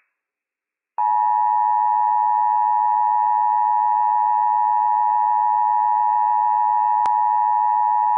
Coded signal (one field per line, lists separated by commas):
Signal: Emergency Alert System (SAME) tones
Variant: 853 and 960 Hz attention tone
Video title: Idaho CAC RMT - WWF56 - EAS #173 - 9:50 PM PDT 9/9/21